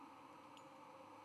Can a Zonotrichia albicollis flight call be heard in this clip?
no